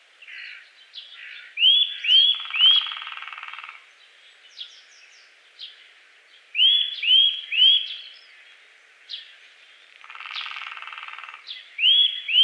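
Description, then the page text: Eurasian nuthatch with short runs of two or three whistled notes separated by pauses, plus scattered thin call notes and two brief buzzy bursts. "Звуки птиц - 87. Поползень(песня и позывки)"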